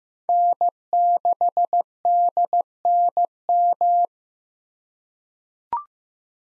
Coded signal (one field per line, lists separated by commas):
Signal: Morse code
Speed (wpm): 15 wpm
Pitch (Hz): 700 Hz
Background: none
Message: N6DNM